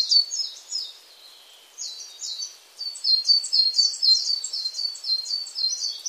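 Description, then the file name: Coal tit song with sharp, high, rapidly repeated notes, an opening burst, a brief lull, then steady quick phrases continuing to the end. "진박새"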